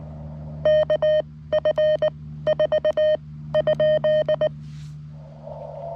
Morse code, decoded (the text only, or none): KF4 ?